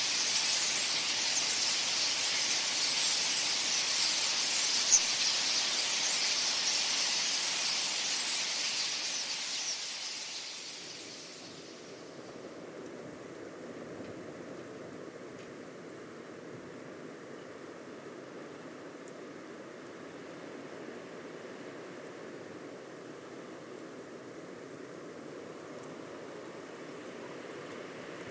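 Hidden sounds of the coastal dunescape at Studland: a steady, dense, bright hiss fills the first ten seconds, with a single small click near the five-second mark. Around eleven seconds it fades into a softer, lower rushing that carries on evenly to the end.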